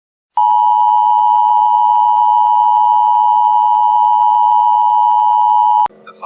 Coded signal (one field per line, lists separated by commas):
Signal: Emergency Alert System (SAME) tones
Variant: 853 and 960 Hz attention tone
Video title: EAS Scenario: Dinosaur Escape